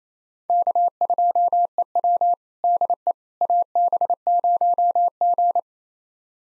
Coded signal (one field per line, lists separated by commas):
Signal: Morse code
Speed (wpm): 28 wpm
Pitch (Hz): 700 Hz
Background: none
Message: K2EW DE AB0G